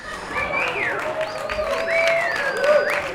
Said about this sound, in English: So you want to see the dark shit, the really hard pain act? Say yeah! Great. A big applause